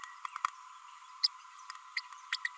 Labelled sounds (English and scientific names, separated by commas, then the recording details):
Green-rumped Parrotlet (Forpus passerinus) babbling
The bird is a male
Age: 33 days
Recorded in a nest box in Venezuela
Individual 17B32A6